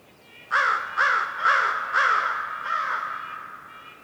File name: WINTER Forest morning crow calls echoing and various birds chirps, North Laurentian Woods, Canada